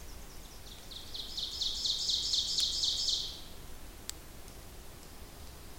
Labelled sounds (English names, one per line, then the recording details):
Ovenbird song
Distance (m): 45 m
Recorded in boreal forest in Alberta, Canada, on 26 May 2016 at 07:16
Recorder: SongMeter 3, array SBT-3-15
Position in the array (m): 41 m, 274 m
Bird 20